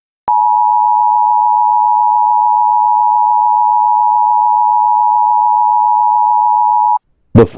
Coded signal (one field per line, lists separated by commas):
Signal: Emergency Alert System (SAME) tones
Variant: 853 and 960 Hz attention tone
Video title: EAS SCENARIO EARTH'S DISASTER CRISIS EPISODE 1 EAST COAST, LAKE MICHIGAN, AND WEST COAST CHAOS